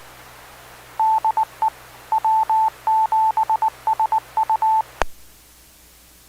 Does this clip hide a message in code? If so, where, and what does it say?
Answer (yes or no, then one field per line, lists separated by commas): yes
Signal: Morse code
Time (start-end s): 1.0-4.8 s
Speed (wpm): 19 wpm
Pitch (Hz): 880 Hz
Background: none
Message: DE W7SU